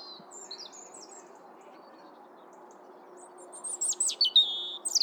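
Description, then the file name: European robin: faint thin whistles at first, then a loud cascade of very high, sweeping notes and a sustained whistled tone, over a low steady hum. "Erithacus rubecula"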